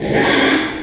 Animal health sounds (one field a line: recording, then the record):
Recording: squeal of a Yucatan mini pig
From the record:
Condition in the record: after surgery on the right vocal fold (resection and tissue-engineered implant)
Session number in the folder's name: 3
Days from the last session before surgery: 33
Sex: male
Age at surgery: 12 weeks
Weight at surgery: 13 kg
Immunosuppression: cyclosporine, prednisolone